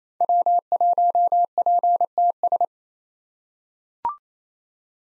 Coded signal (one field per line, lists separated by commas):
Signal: Morse code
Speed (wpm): 28 wpm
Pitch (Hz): 700 Hz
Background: none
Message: W1PTS